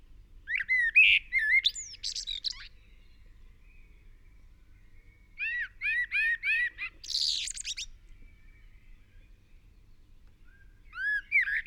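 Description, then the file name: Eurasian blackbird song: rich whistled phrases, one with a quick run of repeated looping notes, followed by a harsh high squeaky flourish; pauses separate the phrases. "Turdus merula"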